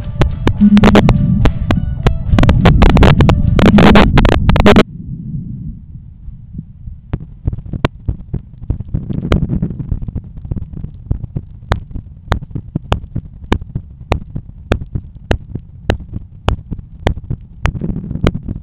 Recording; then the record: heart sounds by stethoscope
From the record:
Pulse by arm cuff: 100 bpm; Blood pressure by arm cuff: 123/82 mmHg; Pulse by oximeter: 101 bpm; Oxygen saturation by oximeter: 96%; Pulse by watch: 102 bpm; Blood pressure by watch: 126/83 mmHg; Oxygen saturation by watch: 94%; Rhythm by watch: sinus rhythm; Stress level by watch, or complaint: low stress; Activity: after lunch and office activities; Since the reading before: plus 1500 steps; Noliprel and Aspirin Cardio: after pills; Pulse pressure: 41 mmHg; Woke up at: 7:20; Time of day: 15:56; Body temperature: 36.1 C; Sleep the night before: 8 h 11 min, score 61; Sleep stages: REM 22%, light 68%, deep 3%, awake 7%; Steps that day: 9500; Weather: sunny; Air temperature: 27.6 C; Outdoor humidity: 50%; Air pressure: 1015 hPa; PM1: 9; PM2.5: 13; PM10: 15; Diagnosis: hypertension, treated with Noliprel and Aspirin Cardio 100 mg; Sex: male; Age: 53 years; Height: 174 cm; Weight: 81 kg